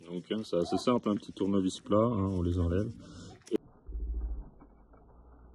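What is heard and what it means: On a Citroën C4 Picasso 1.6 HDI 110 hp, during a service done to head off turbo or engine failure, the filter pipe connection is handled near its housing after its two seals were changed, the seals having been removed with a small flat screwdriver. Someone talks, then two short sharp sounds come at about 3.4 s and 3.5 s, followed by a low steady hum. Nothing has clipped in or seated yet.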